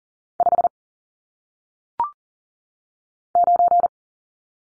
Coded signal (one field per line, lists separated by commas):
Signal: Morse code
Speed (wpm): 38 wpm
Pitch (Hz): 700 Hz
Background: none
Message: 5 9